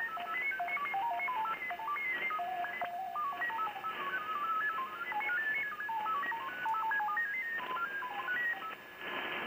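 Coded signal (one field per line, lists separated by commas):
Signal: FT8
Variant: SuperFox mode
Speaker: my understanding in this super foxhound mode that they can work up to 9 stations at a time.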